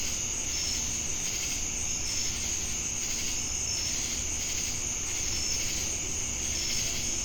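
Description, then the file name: Crickets trilling steadily at a high pitch, with occasional clipped chirps and a rhythmic pulsing insect hum running throughout. Crickets recorded together with cicadas in Jamestown, North Carolina, on 10 August 2018. "Crickets And Sacadas Jamestown NC August-10-2018"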